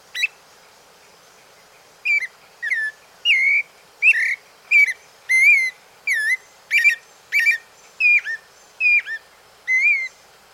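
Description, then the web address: Clay-colored thrush giving a brief opening note, a short pause, then a steady series of clear, slurred whistled notes, each bending in pitch; the background is quiet. Recorded in South America. "Natures Songs S America Clay-Colored Robin"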